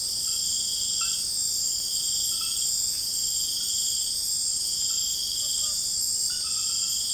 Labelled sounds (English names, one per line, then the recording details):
none
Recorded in dense forest near Puerto Asís, Putumayo, Colombia, on 20 February 2024 at 04:00
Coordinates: 0.487, -76.319
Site G6403